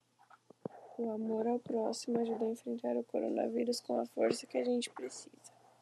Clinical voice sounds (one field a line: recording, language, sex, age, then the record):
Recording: spoken sentence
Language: Brazilian Portuguese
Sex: female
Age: 18 to 19 years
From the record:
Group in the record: control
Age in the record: 19 years